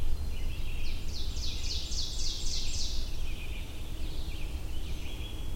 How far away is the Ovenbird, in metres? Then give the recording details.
about 50 m. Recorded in boreal forest in Alberta, Canada, on 22 June 2016 at 08:58. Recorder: SongMeter 3, array SBT-6-76. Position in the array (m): 146 m, 113 m. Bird 3